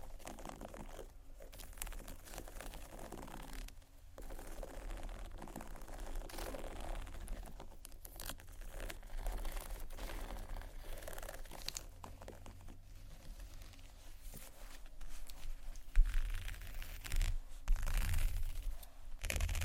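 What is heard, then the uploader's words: Tapping and scratching on textured bags fills the clip with dense, irregular crinkly rustling and soft patter. Short pauses break it up near four, eight and thirteen seconds. A steady low hum runs underneath, and louder, heavier scrapes come in after about sixteen seconds. ASMR TEXTURED BAGS TAP & SCRATCH (No Talking).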